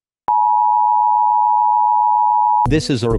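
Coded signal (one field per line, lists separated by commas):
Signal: Emergency Alert System (SAME) tones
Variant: 853 and 960 Hz attention tone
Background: speech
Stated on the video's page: Recreations of EAS tones as produced by various encoder systems, including KeyWest, Idea/Onics, Texscan, CEMS, Gorman Redlich, Trilithic, DASDEC and Xfinity X1, sending Required Monthly and Weekly Tests.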